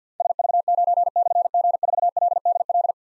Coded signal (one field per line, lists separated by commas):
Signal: Morse code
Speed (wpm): 47 wpm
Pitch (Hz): 700 Hz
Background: none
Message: SV9/G4LDL